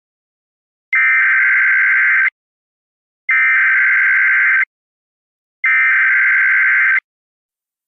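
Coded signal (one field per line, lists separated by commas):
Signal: Emergency Alert System (SAME) tones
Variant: header bursts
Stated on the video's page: Mock recreation of a law enforcement warning for Weston County, Wyoming, issued for Rapid City.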